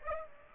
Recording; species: mosquito wingbeat signal from an infrared sensor; Aedes aegypti